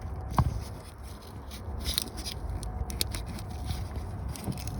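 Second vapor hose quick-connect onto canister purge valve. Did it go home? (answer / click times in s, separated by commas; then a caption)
no / none. While fixing a P0446 check engine light on a 2007 Ford Mustang, the second plastic vapor hose quick-connect is pushed onto the canister purge valve port. Repeated pushing and scraping noises with a few sharp knocks follow, and the connector has not clicked or seated yet.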